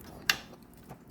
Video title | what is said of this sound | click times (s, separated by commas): LG 16 Prime replacement | you'll hear a click | 0.3 s